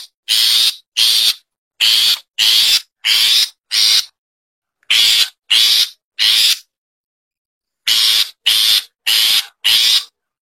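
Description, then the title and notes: Long-tailed Shrike repeating broad, grating rasps in several quick groups, with short silent gaps between the groups. "Kicau Burung Cendet"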